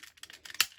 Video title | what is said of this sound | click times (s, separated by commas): Transformers generation one Hydra complete collection. G1 Japanese exclusive super god masterforce | i'm sure you could appreciate when you heard that click there these are all figures and i don't want to be damaging them so | 0.6 s